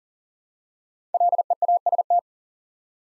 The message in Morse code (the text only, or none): LEAST